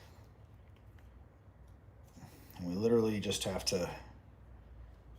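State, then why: Not seated. A tiny button is fitted into the receiver of a miniature toy gun model and lined up before being pushed in to lock. Faint small handling ticks are heard while someone talks. The button has not snapped into place yet.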